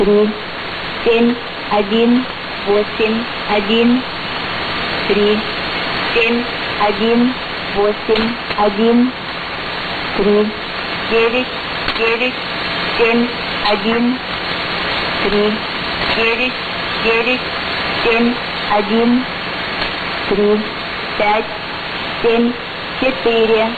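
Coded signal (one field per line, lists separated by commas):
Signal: numbers station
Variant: S06s, Russian female voice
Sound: female voice reading Russian digits in evenly spaced groups over radio hiss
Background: radio static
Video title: 03 08 2018 S06s Russian Lady numbers station in Russian to Eu 0941 on 9655 unknown tx site USB+AM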